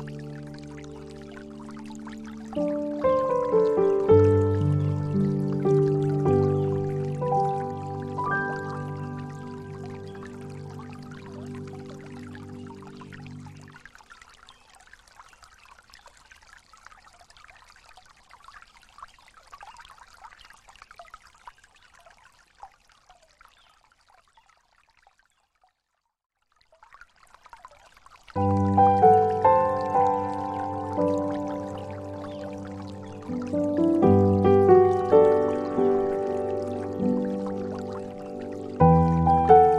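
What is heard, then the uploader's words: Water pours and trickles with steady ringing tones, falls nearly silent from about 14 to 28 seconds, then resumes louder. Water Sounds.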